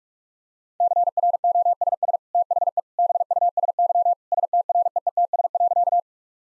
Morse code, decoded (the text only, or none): CROSS THE BUSY STREETS.